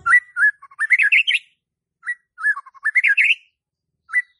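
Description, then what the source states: White-rumped shama song of clear whistled phrases that rise and swoop, given in two bursts separated by a short pause, then a single whistle near the end. Lure to get a stressed or silent White-rumped shama singing.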